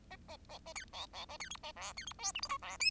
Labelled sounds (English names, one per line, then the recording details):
Bengalese Finch song
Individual Bird10